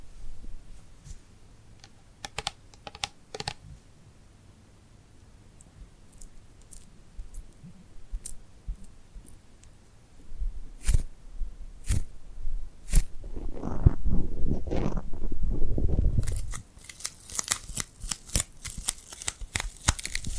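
Hand sounds made with glued fingers and palms: sharp clicks and sticky snaps break out at irregular moments over a quiet hiss. Around ten to sixteen seconds a denser, lower rubbing and peeling swells up, then thins back into scattered crisp ticks and crackles.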